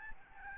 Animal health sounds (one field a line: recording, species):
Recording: mosquito wingbeat signal from an infrared sensor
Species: Aedes albopictus